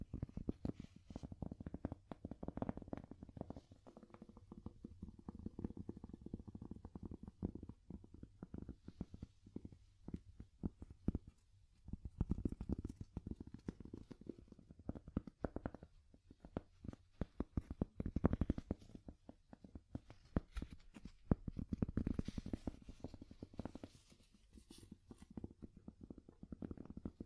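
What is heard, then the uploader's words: Wood tapping in dense, uneven flurries of short knocks that run almost without pause for the whole stretch. The taps sit mostly low and dull, with a few sharper, brighter hits near eighteen and twenty-two seconds and brief quieter gaps around eleven and sixteen seconds. ASMR Calming Wood Tapping (No Talking).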